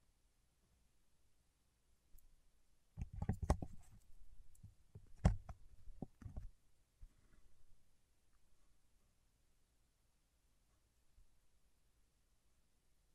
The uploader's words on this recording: ASMR with Wax Fingertips for Sleep (No Talking).